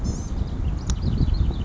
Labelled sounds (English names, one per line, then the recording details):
Blue-gray Gnatcatcher
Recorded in Sonoma County, California